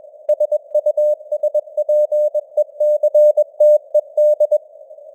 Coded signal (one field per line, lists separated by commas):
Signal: Morse code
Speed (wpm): 21 wpm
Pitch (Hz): 600 Hz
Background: none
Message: SUSPECTED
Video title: Morse Code News | 2025-12-13 | 21wpm